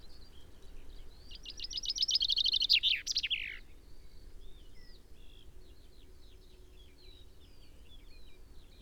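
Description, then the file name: Common chaffinch song, one fast cascading phrase ending in a flourish, then softer scattered chirps in the background. "Fringilla coelebs"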